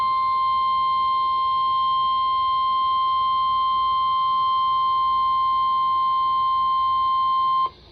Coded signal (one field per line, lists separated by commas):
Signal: Emergency Alert System (SAME) tones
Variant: 1050 Hz attention tone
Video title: Marginals for Days || EAS Alerts from Sept. 7-9, 2023 || EAS 947-980